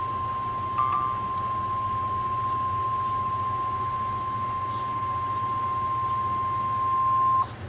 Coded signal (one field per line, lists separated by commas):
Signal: Emergency Alert System (SAME) tones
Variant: 1050 Hz attention tone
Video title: EAS #682: Tornado Warning (5/20/2013)